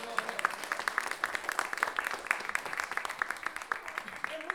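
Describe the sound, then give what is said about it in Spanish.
An audience at a masterclass breaks into applause for a participant after a rhyming word game, a steady patter of many hands clapping at moderate volume for several seconds, with no voices over it. “Aplauso para el amigo.”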